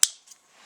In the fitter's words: can hear a snap so that's all set and